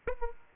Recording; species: mosquito wingbeat signal from an infrared sensor; Aedes aegypti